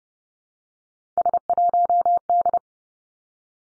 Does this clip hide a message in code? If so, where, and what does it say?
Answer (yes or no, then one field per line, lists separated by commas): yes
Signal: Morse code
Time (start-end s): 1.2-2.6 s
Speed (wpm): 30 wpm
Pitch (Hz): 700 Hz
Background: none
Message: S1D